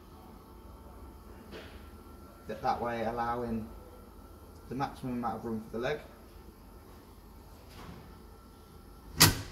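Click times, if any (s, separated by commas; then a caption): 9.2 s. Someone talks while a Carony Go swivel seat in a 2016 Ford Connect van is rotated and pushed into its locked position. The swivel seat base lock engages at 9.2 s with one loud, sharp click, and the seat is locked in place.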